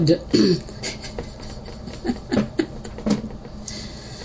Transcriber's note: laughter